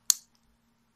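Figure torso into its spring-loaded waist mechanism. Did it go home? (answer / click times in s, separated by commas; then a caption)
yes / 0.1 s. The plastic torso of a Hercules action figure is twisted to one side until its spring-loaded waist mechanism catches, giving a sharp, bright click at 0.1 s that fades within about a tenth of a second. A much fainter tick follows near 0.4 s, and the torso is left seated in its cocked position.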